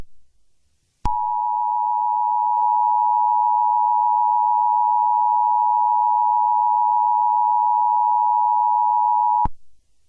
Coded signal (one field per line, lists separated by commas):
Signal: Emergency Alert System (SAME) tones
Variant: 853 and 960 Hz attention tone